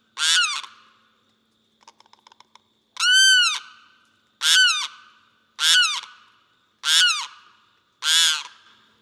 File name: Limpkin